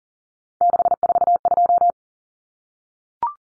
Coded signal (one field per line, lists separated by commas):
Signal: Morse code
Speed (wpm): 40 wpm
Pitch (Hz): 700 Hz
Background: none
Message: 642